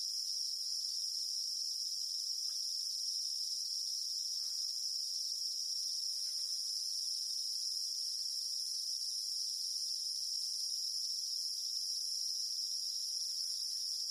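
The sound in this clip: Cicada song, a steady unbroken high buzz held at one pitch throughout, with a few faint brief sounds beneath.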